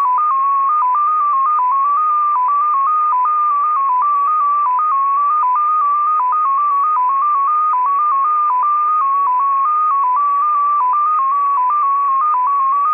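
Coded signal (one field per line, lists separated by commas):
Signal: numbers station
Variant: XPA2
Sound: rapid single tone hopping between a few close pitches, steady rhythm, continuous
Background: radio static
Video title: XPA2 Number Station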